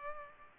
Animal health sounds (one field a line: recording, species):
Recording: mosquito wingbeat signal from an infrared sensor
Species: Culex pipiens